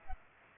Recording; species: mosquito wingbeat signal from an infrared sensor; Aedes aegypti